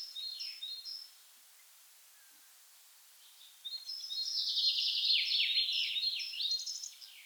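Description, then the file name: Common chaffinch song: a few high notes, a quiet pause, then a loud rapid series of chips cascading downward and ending in a flourish. "Fringilla coelebs"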